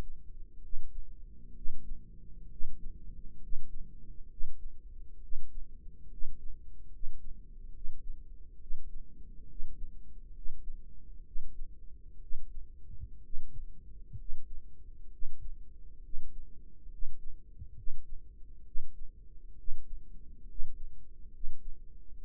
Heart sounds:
heart sounds by microphone in the right ear; 67 bpm
0.63 s: heartbeat
1.55 s: heartbeat
2.50 s: heartbeat
3.42 s: heartbeat
4.30 s: heartbeat
5.22 s: heartbeat
6.11 s: heartbeat
6.92 s: heartbeat
7.74 s: heartbeat
8.60 s: heartbeat
9.49 s: heartbeat
10.35 s: heartbeat
11.25 s: heartbeat
12.21 s: heartbeat
13.24 s: heartbeat
14.19 s: heartbeat
15.12 s: heartbeat
16.03 s: heartbeat
16.92 s: heartbeat
17.77 s: heartbeat
18.66 s: heartbeat
19.58 s: heartbeat
20.49 s: heartbeat
21.33 s: heartbeat
22.23 s: heartbeat
From the record:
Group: healthy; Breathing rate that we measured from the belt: 17 breaths a minute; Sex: male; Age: 30 years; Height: 188 cm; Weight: 110.2 kg

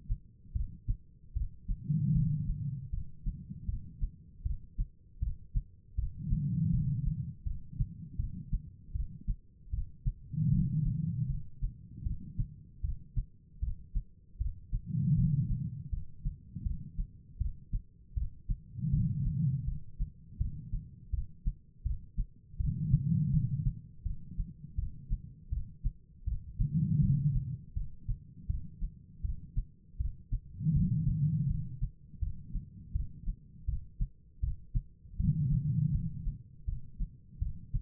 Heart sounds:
heart sounds by stethoscope; 80 bpm
0.53 s: heartbeat
1.34 s: heartbeat
2.13 s: heartbeat
2.91 s: heartbeat
3.66 s: heartbeat
4.43 s: heartbeat
5.20 s: heartbeat
5.96 s: heartbeat
6.71 s: heartbeat
7.44 s: heartbeat
8.17 s: heartbeat
8.93 s: heartbeat
9.71 s: heartbeat
10.51 s: heartbeat
11.28 s: heartbeat
12.04 s: heartbeat
12.82 s: heartbeat
13.60 s: heartbeat
14.38 s: heartbeat
15.16 s: heartbeat
15.90 s: heartbeat
16.63 s: heartbeat
17.38 s: heartbeat
18.15 s: heartbeat
18.91 s: heartbeat
19.65 s: heartbeat
20.38 s: heartbeat
21.11 s: heartbeat
21.83 s: heartbeat
22.58 s: heartbeat
23.31 s: heartbeat
24.03 s: heartbeat
24.76 s: heartbeat
25.50 s: heartbeat
26.25 s: heartbeat
27.00 s: heartbeat
27.74 s: heartbeat
28.47 s: heartbeat
29.22 s: heartbeat
29.98 s: heartbeat
30.74 s: heartbeat
31.48 s: heartbeat
32.20 s: heartbeat
32.93 s: heartbeat
33.66 s: heartbeat
34.41 s: heartbeat
35.17 s: heartbeat
35.92 s: heartbeat
36.66 s: heartbeat
37.39 s: heartbeat
From the record:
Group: healthy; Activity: rest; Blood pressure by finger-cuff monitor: 148/99 mmHg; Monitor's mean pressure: 120 mmHg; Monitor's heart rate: 80 bpm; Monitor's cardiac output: 4.8 L/min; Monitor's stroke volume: 60 mL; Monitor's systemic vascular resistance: 1880 dyn s/cm5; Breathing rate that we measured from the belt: 14 breaths a minute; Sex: female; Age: 51 years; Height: 162 cm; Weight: 70.04 kg

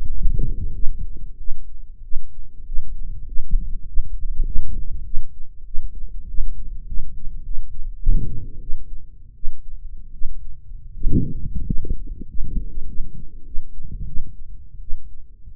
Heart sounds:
heart sounds by microphone in the right ear; 93 bpm
0.09 s: heartbeat
0.74 s: heartbeat
1.38 s: heartbeat
2.03 s: heartbeat
2.65 s: heartbeat
3.26 s: heartbeat
3.86 s: heartbeat
4.45 s: heartbeat
5.04 s: heartbeat
5.65 s: heartbeat
6.27 s: heartbeat
6.86 s: heartbeat
7.43 s: heartbeat
8.00 s: heartbeat
8.60 s: heartbeat
9.35 s: heartbeat
10.13 s: heartbeat
10.94 s: heartbeat
11.65 s: heartbeat
12.27 s: heartbeat
12.87 s: heartbeat
13.45 s: heartbeat
14.06 s: heartbeat
14.80 s: heartbeat
15.51 s: heartbeat
From the record:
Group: healthy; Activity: rest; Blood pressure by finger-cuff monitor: 131/71 mmHg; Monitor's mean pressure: 86 mmHg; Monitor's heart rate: 99 bpm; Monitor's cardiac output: 7.9 L/min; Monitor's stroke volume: 82 mL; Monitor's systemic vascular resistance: 800 dyn s/cm5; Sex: male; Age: 21 years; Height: 170 cm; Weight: 71 kg

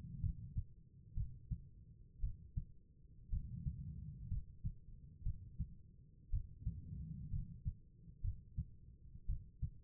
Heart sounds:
heart sounds by stethoscope; 60 bpm
0.20 s: heartbeat
1.14 s: heartbeat
2.20 s: heartbeat
3.30 s: heartbeat
4.28 s: heartbeat
5.23 s: heartbeat
6.30 s: heartbeat
7.30 s: heartbeat
8.21 s: heartbeat
9.26 s: heartbeat
From the record:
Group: healthy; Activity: rest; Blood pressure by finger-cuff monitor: 96/60 mmHg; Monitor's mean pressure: 70 mmHg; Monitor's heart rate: 58 bpm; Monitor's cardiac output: 4.7 L/min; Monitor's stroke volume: 79 mL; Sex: female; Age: 36 years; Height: 163 cm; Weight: 88 kg

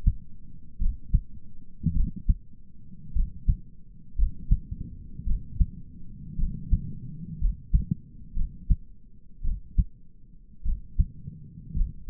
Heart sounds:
heart sounds by stethoscope; 55 bpm
0.81 s: heartbeat
1.96 s: heartbeat
3.15 s: heartbeat
4.18 s: heartbeat
5.27 s: heartbeat
6.39 s: heartbeat
7.41 s: heartbeat
8.36 s: heartbeat
9.44 s: heartbeat
10.65 s: heartbeat
11.76 s: heartbeat
From the record:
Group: healthy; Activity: rest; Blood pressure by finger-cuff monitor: 100/60 mmHg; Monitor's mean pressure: 72 mmHg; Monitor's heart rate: 56 bpm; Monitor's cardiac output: 5.5 L/min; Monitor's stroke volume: 95 mL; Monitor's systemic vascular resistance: 980 dyn s/cm5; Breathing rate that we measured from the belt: 15 breaths a minute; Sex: male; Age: 22 years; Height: 181 cm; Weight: 79 kg

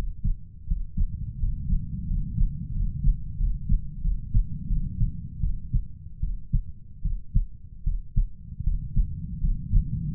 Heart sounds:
heart sounds by stethoscope; 82 bpm
0.67 s: heartbeat
1.39 s: heartbeat
2.07 s: heartbeat
2.73 s: heartbeat
3.38 s: heartbeat
4.02 s: heartbeat
4.68 s: heartbeat
5.41 s: heartbeat
6.20 s: heartbeat
7.02 s: heartbeat
7.84 s: heartbeat
8.64 s: heartbeat
9.40 s: heartbeat
10.14 s: heartbeat
From the record:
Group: healthy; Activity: cold pressor test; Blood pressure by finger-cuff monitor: 129/84 mmHg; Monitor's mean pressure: 102 mmHg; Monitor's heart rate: 82 bpm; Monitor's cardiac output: 7.1 L/min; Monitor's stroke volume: 91 mL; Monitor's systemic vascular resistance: 960 dyn s/cm5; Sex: male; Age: 33 years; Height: 179 cm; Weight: 80.4 kg

